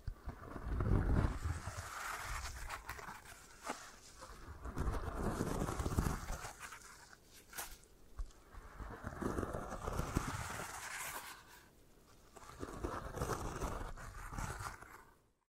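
Scratching and tapping sounds from an eye massage come in repeated bursts of a few seconds, each swelling and then easing off. The rubbing is dense and rough, with a low thumping underneath and a brighter hiss on top. Brief quiet gaps fall near 8 and 12 seconds.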